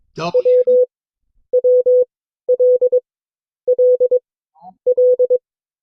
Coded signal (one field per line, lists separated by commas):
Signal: Morse code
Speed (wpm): 22 wpm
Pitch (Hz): 500 Hz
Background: speech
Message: W W L L L